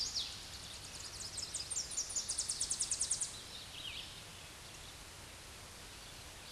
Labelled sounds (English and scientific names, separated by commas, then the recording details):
Tennessee Warbler (Leiothlypis peregrina) song
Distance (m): 40 m
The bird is about 15 m above the microphone
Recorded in a Pennsylvania forest on 16 May 2024 at 07:54
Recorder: AudioMoth, point MSD-2258
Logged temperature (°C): 15.2 °C
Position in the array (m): 128 m, 104 m